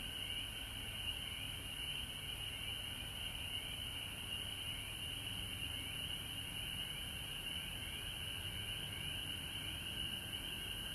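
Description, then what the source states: Frogs calling in a dense chorus, a steady mass of rapid high trills that never pauses, over a thin continuous very high hiss and a low rumble. Frogs recorded at home in Georgia on March 19, 2020.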